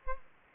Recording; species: mosquito wingbeat signal from an infrared sensor; Aedes aegypti